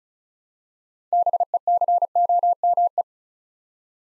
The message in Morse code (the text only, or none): BECOME